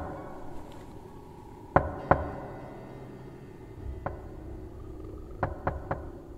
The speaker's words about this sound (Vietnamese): cho đến khi có tiếng gõ cửa vang lên. Tiếng gõ cửa nặng nề, cứ ba nhịp một.